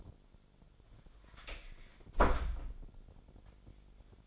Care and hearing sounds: daily activity, microphone in the room; close door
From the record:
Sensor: 5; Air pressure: 1007.2 hPa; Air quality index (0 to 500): 170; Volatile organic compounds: 4 ppm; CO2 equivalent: 1630 ppm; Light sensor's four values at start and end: 56/160/62/62 and 55/156/61/61

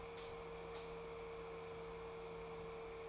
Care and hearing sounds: daily activity, microphone in the room; light off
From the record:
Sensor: 1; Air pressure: 1014.7 hPa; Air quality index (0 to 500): 177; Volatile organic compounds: 15 ppm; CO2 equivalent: 2505 ppm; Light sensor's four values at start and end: 41/110/45/54 and 39/99/42/51

